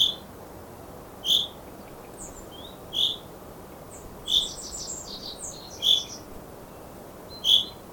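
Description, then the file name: Common chaffinch giving a loud, short call note repeated roughly every one and a half seconds, with fainter high chirps and buzzy notes between. "Fringilla coelebs"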